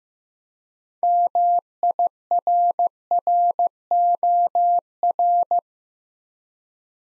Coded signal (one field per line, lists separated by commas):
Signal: Morse code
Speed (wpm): 15 wpm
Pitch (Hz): 700 Hz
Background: none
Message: MIRROR